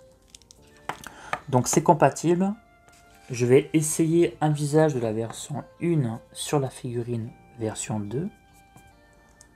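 Someone talks while handling a version 1 plastic face plate of an S.H. Figuarts Goku figure, about to fit it into the head of the version 2 figure, with a few faint taps and clicks early on. Nothing has seated or clicked yet.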